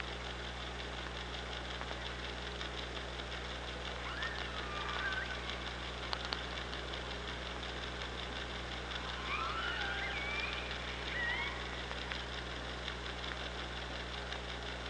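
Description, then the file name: Killer whale calls, faint rising and bending tones, mostly around the ninth to twelfth seconds, over steady low hum and hiss. Recorded by an OrcaLab hydrophone on 24 August 2017 at 05:37:35. "Orca Lab UTLN JASON 20170824 053735"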